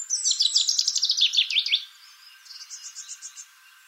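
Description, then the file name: Common chaffinch song, a descending cascade of quick notes ending in a flourish, followed by a softer, higher trill of repeated notes. "Fringilla coelebs"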